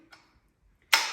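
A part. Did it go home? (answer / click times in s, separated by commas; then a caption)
yes / 0.9 s. On a 2024 Taubik Blackburn TL step-thru e-bike, the metal quick-release lever on the adjustable post's clamp is closed after the position is set and the clamp is tightened. A faint tick comes first, then a sharp, loud snap at 0.9 s that rings down over the remaining fraction of a second. The clamp locks closed into place.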